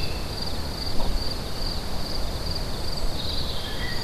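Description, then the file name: Cricket trill runs as an unbroken high buzz throughout, with a faint bird note near the end over heavy low-frequency rumble. Crickets recorded with birds at Lacoux on 22 May 2016, on an MZ-N710 recorder. "Grillons et oiseaux Lacoux 22 05 16"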